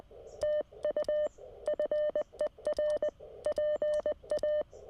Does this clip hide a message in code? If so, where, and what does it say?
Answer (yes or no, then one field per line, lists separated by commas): yes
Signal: Morse code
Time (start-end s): 0.4-4.6 s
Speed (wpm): 20 wpm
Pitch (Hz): 600 Hz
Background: none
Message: TU FER PA